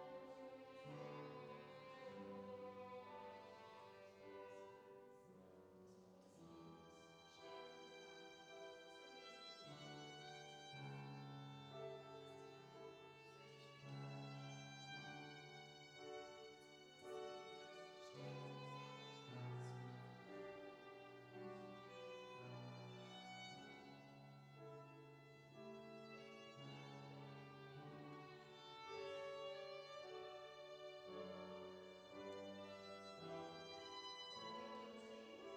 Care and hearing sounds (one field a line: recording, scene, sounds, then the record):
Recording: everyday scene through a hearing-aid microphone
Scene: reverberant space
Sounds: music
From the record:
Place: church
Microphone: in the ear canal, left